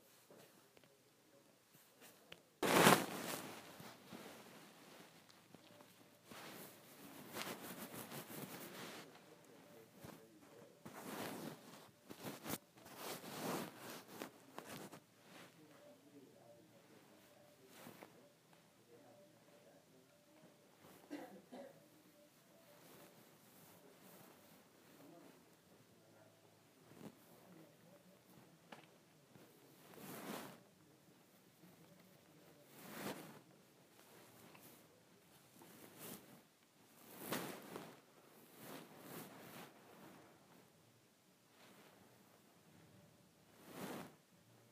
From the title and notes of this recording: ASMR Scratching my Head.